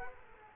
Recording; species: mosquito wingbeat signal from an infrared sensor; Culex quinquefasciatus